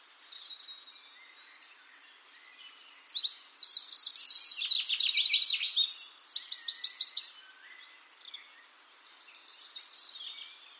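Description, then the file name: Eurasian wren song: faint scattered notes, then a loud, rushing burst of high trills and rattles lasting several seconds, trailing off into soft chips. "Troglodytes troglodytes"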